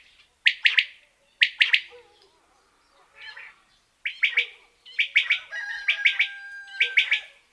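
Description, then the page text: Common quail giving clipped two- and three-note phrases at roughly one-second intervals, with a faint whistled tone in the background near the end. "Птицы России - Перепел"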